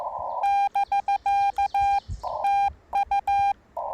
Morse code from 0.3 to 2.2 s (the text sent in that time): <BK>